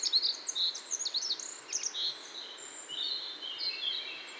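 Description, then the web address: Rock bunting song: a brisk burst of very high, thin, zipping notes, followed by softer drawn-out high whistles. Cibra, Valsolda. "cibra valsolda - Zigolo muciatto"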